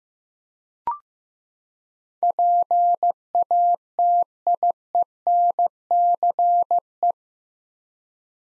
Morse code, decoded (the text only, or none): PATIENCE